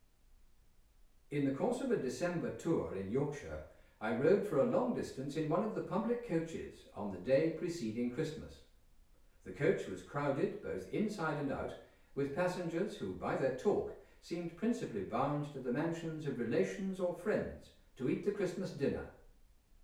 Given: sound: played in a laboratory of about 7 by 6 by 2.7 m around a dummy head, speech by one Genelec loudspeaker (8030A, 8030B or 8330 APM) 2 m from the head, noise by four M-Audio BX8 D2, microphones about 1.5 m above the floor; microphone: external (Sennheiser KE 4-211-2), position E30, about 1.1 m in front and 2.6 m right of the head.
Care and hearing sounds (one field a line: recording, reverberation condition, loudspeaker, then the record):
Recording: male speech in English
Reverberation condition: medium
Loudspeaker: 120 degrees to the left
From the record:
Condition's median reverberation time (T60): about 510 ms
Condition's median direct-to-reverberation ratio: about -0.5 dB